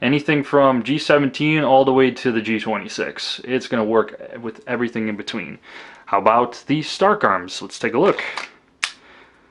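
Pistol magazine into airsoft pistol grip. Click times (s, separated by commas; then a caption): 8.8 s. A loaded magazine is pushed into the grip of an airsoft Glock-style pistol while someone talks. A single sharp click is heard at 8.8 seconds as the magazine seats without any issues.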